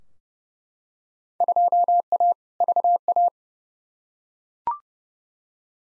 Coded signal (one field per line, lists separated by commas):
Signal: Morse code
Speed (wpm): 30 wpm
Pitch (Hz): 700 Hz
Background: none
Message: 2A VA